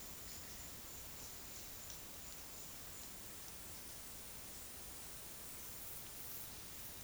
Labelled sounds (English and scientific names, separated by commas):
none